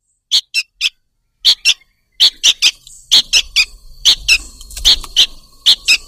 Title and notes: Suara Burung Bandel Yang Susah Mendekati. Kompilasi Suara Pikat Burung